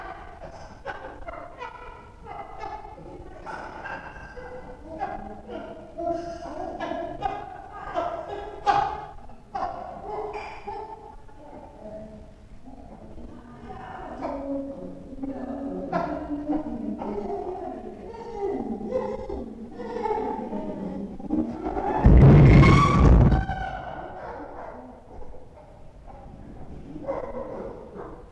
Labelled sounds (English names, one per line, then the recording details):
Chimpanzee
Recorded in captivity
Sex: diverse
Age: adult
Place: Tierpark Berlin, Berlin, DE
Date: 1966-04-06
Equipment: Grundig TK 1 Luxus
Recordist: unbekannt, keine Angabe
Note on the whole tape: Große Schimpansen morgens nach dem Herauslassen aus den Schlafkisten, Susi (mit ca. 3 Wochen altem Jungen) und Pako, Pako und Susi nachdem sie Tee bekommen haben; Susi in Erwartung eines Marmeladenbrotes, Schmatzen